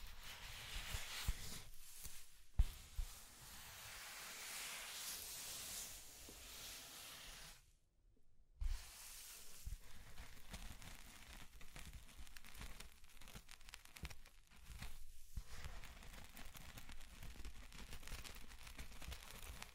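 Scratching and tracing sounds fill the clip, a dense, crackly rustle made of quick irregular strokes, bright and hissy in the first half. A near-silent pause comes around eight seconds, then the scratching resumes with short clicks and brief gaps, including one around fifteen seconds.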